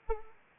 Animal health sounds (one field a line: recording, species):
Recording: mosquito wingbeat signal from an infrared sensor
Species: Anopheles arabiensis